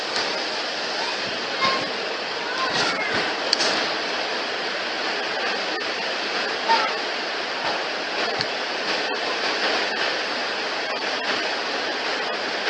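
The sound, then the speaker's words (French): Steady rain falls in a continuous, even hiss, with faint scattered patters and ticks breaking through the wash of sound; no one speaks. “Comme il fait pleuvoir actuellement.”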